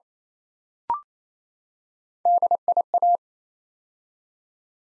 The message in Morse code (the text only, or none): DIA